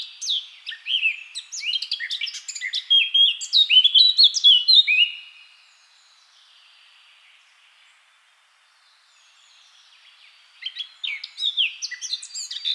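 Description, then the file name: Eurasian blackcap song: a dense, tumbling warble for five seconds, a long quiet gap with faint notes, then the rapid chattering warble returns. "Sylvia atricapilla"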